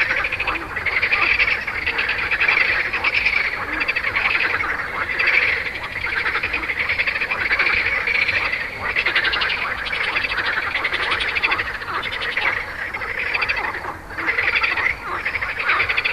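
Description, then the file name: Frogs calling in a dense, continuous chorus of rapid pulsed croaks that overlap throughout, with a brief dip near the end. "grenouilles"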